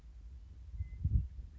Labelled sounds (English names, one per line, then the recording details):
Western Meadowlark
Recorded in Sonoma County, California